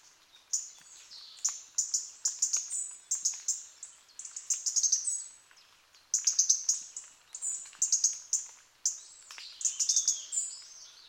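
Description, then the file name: European robin song: high, thin warbled phrases, each about a second long, shimmering and tinkling, given in a steady string with brief pauses between them. "Erithacus rubecula"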